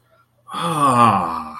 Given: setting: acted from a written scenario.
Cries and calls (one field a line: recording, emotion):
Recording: vocal sound without words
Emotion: realization